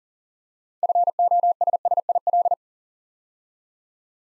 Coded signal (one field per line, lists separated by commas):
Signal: Morse code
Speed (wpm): 41 wpm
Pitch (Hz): 700 Hz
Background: none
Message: FOSSIL